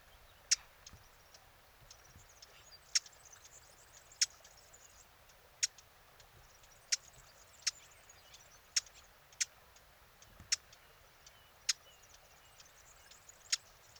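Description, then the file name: Eurasian blackcap repeating hard tack calls at irregular intervals throughout, over a faint background hiss. "Sylvia atricapilla"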